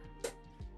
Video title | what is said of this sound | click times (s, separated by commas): How to build a Gaming PC for a Microsoft Flight Simulator - Complete Step by Step Beginners Guide | you hear that click that's a very good thing and this thing should pop up and | 0.2 s